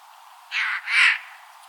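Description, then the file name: Eurasian jay screeching once in two harsh sections, a short burst followed by a longer, stronger one. "Garrulus glandarius"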